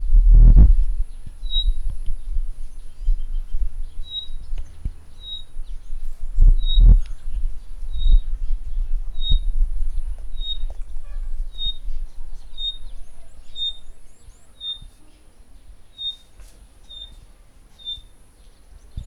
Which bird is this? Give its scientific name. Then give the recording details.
Batis perkeo. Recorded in northern Uganda